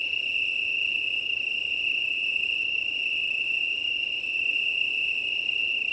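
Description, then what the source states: Italian tree cricket: a steady chorus of Italian tree crickets, a pure, sustained high trill, with low wind sound beneath it. Chorus of many Italian tree crickets, 18 September 2019, 20:35, early night, Plateau de Lesches en Diois, Drôme, France; windy; recorded on a Nomad six-track recorder with MKH8020 microphones.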